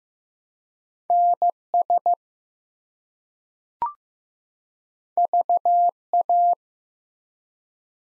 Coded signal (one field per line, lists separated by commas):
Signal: Morse code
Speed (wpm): 15 wpm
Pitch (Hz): 700 Hz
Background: none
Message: NS VA